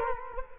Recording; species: mosquito wingbeat signal from an infrared sensor; Culex quinquefasciatus